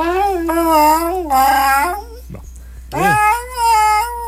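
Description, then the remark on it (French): A dog that has just come out of surgery makes strange, wavering, high-pitched wailing sounds in two long drawn-out bursts, almost cat-like, with a short grunt between them; a voice briefly speaks. “On commence avec un chien qui est allé se faire opérer. Et quand il est sorti de cette opération-là, il sonnait un peu...”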